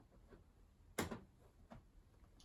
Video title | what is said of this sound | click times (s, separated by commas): Beko condenser tumble dryer: DRCS68W: new felt drum front seal: full replacement process | just snaps back in from whence it came | 1.0 s